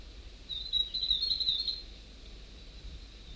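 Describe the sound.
North Island tomtit singing a short, high-pitched warbling trill of quick notes for just over a second, over faint steady background noise.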